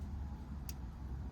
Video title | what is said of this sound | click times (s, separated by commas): Skoolie failed out of province inspection | clicks back into place, | 0.7 s